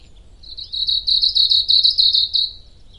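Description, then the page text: Asian stubtail singing a thin, high-pitched, cricket-like buzzing trill of fast repeated pulses that swells and ends suddenly. Japan; continuous, rapid, very insect-like high-pitched song that usually seems to stop abruptly; easier to hear in March; mostly delivered from middle to upper vegetation layers. "短尾鶯. Urosphena squameiceps. Teruo Furushima, Wild Bird Songs in Japan, 日本 連續、急促、極似蟲鳴的高頻聲音「急急急急急急急急!」，通常最後會有「嘎然停止」的感覺。三月較容易聽聞。這種聲音大多從中上層發出。"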